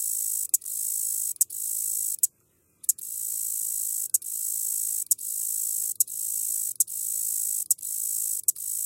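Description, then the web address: Red-headed meadow katydid song, a very high, hissing buzz held for about a second, repeatedly cut by short ticking breaks, with one longer pause near the start. "The Songs of Insects. Red-headed Meadow Katydid"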